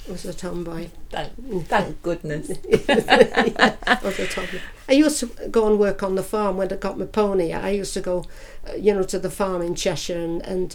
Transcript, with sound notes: I was a tomboy.
Thank, thank goodness.
[Laughs] I was a tomboy. I used to go and work on the farm when I got me pony. I used to go, you know, to the farm in Cheshire